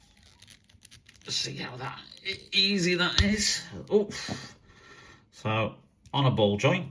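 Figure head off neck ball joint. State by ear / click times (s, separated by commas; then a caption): released / 0.9 s. A plastic head is pulled off the neck ball joint of a Marvel Legends King in Black action figure from the Knull and Venom twin pack, and it comes off easily. A few faint scratches lead to a sharp pop at 0.9 s as the head releases, and then someone talks.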